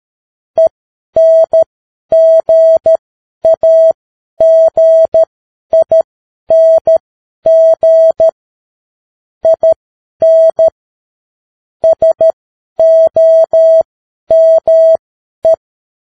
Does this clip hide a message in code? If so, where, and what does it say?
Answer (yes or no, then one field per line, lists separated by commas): yes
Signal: Morse code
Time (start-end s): 0.6-15.5 s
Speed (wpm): 13 wpm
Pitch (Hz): 650 Hz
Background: none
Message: ENGAGING IN SOME